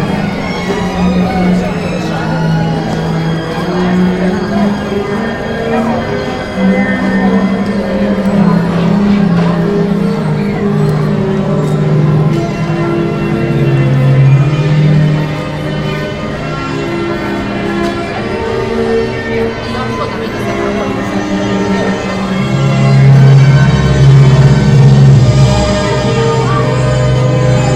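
Sounds from a theme park: a dense, constant crowd murmur with voices overlapping throughout. Bright ringing tones drift over the chatter like bells or chimes, and a louder low rumble swells near the end around twenty-three seconds.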